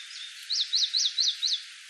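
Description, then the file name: Marsh tit calls: a thin high note, then five bright notes that each rise then fall, in an even series of about four per second. "hasibutogara"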